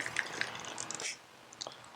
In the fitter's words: there we go locked it into place going to finish running this around